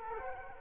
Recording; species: mosquito wingbeat signal from an infrared sensor; Culex quinquefasciatus